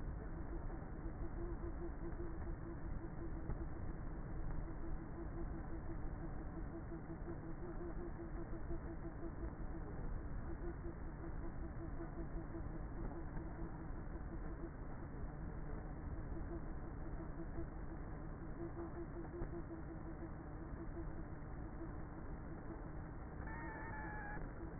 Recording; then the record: honeybee colony, microphone inside the hive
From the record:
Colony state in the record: queenless with a low population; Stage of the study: before two queens were removed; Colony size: about 30,000 bees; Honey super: no